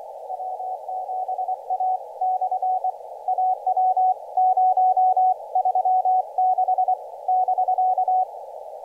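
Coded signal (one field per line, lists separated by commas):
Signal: Morse code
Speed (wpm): 25 wpm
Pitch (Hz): 740 Hz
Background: none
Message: W7A/AW036 <BK>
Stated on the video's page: Morse sent with a TinyPaddle on an Elecraft KH1 during a joint two-summit SOTA activation.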